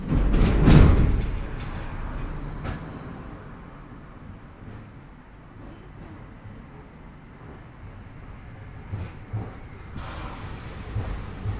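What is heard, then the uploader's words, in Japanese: An electric train with a nose-suspended motor growls low, loudest in the first second, then rumbles steadily with clanks and a hiss from ten seconds. 万葉線 高岡駅→越ノ潟。電車は吊りかけモーターなので中々の唸りをあげています。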